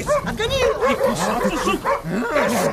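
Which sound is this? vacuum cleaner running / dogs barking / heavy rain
dogs barking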